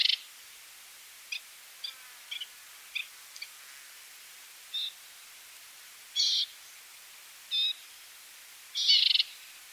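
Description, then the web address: Mountain warbler giving short, high chip calls at irregular intervals, faint and scattered at first, then louder, fuller notes near the end; a quiet background hiss. "mountain warbler bird call"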